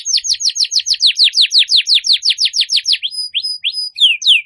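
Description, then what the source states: Canary song, a fast run of high downslurred notes, shifting to sparse thin whistles and a few final sweeping notes. Canary (kenari) song used to lure birds.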